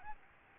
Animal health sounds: mosquito wingbeat signal from an infrared sensor; Aedes albopictus

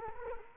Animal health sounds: mosquito wingbeat signal from an infrared sensor; Culex quinquefasciatus

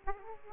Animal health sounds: mosquito wingbeat signal from an infrared sensor; Aedes aegypti

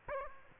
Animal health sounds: mosquito wingbeat signal from an infrared sensor; Aedes aegypti

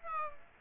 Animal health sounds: mosquito wingbeat signal from an infrared sensor; Aedes aegypti

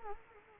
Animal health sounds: mosquito wingbeat signal from an infrared sensor; Culex quinquefasciatus

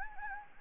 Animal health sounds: mosquito wingbeat signal from an infrared sensor; Anopheles gambiae

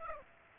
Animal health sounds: mosquito wingbeat signal from an infrared sensor; Aedes aegypti

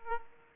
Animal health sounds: mosquito wingbeat signal from an infrared sensor; Aedes aegypti

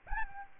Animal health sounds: mosquito wingbeat signal from an infrared sensor; Aedes albopictus

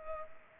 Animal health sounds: mosquito wingbeat signal from an infrared sensor; Culex pipiens

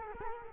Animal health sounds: mosquito wingbeat signal from an infrared sensor; Culex quinquefasciatus

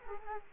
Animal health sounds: mosquito wingbeat signal from an infrared sensor; Culex quinquefasciatus

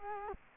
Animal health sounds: mosquito wingbeat signal from an infrared sensor; Culex quinquefasciatus

